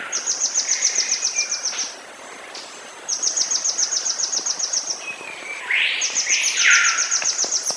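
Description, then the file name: Pará gnatcatcher song: high rapid trills in two long bursts, then a broader sweeping phrase. "canto do balanca rabo paraense"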